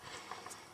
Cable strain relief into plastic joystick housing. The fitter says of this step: fit down there which it does we'll push this in until it snaps together there we go